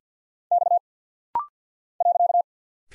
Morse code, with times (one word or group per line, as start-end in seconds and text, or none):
0.5-0.8 X
2.0-2.4 .